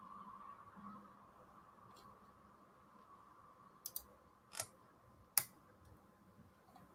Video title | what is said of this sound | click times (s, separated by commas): Build The Classic Routemaster Issue 91 **LIVE** 🚏 | did you hear that click? That was really good. | 5.4 s